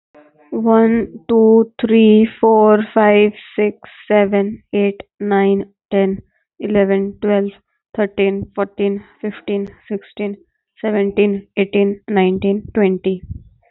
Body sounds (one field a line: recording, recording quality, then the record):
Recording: counting at a normal pace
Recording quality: excellent, no background noise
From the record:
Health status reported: healthy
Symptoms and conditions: none ticked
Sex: female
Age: 25 years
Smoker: not ticked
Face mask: not worn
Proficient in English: yes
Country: India